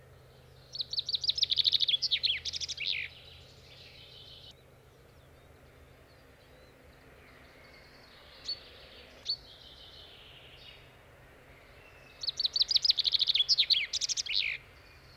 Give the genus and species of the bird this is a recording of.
Fringilla coelebs